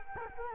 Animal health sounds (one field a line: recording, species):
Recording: mosquito wingbeat signal from an infrared sensor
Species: Culex quinquefasciatus